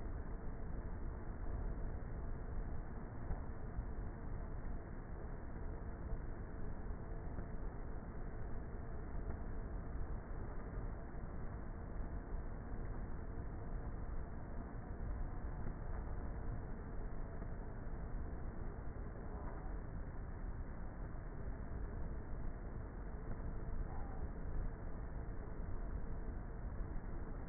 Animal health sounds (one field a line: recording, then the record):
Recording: honeybee colony, microphone inside the hive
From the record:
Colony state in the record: queenless with a low population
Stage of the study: before two queens were removed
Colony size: about 30,000 bees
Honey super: no